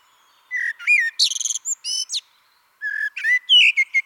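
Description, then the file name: Eurasian blackbird song: short fluted whistles, then a burst of high, rapid, squeaky twittering notes, a pause, and another run of whistles and chirps. "Turdus merula"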